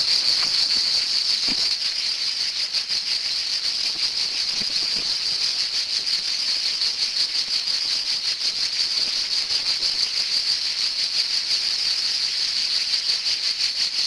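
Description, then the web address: Cicada song of high rasping buzz, continuous and finely pulsed, holding steady with small loudness ripples. "son cigales"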